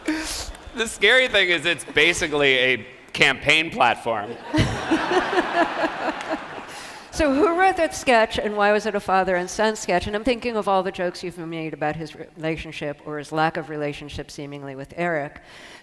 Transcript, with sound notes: The scary thing is it's basically a campaign platform.
(LAUGHTER)
So who wrote that sketch and why was it a father and son sketch? And I'm thinking of all the jokes you've made about his relationship or his lack of relationship, seemingly, with Eric.